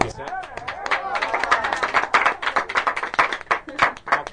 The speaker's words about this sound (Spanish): Se oyen esos aplausos de esos 19 muchachos y uno quemado, qué sé yo.